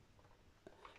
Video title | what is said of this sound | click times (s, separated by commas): DÉMONTAGE & REMONTAGE COMPLET Aspirateur Rowenta Air Force 560 + CHANGEMENT CHÂSSIS | et on va y aller doucement en fait ne forcez pas voilà ça se clipse tout seul ok | 0.7 s, 0.8 s